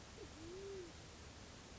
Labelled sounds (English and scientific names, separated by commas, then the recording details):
Band-tailed Pigeon (Patagioenas fasciata)
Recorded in Sonoma County, California